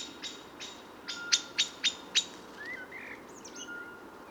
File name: Turdus merula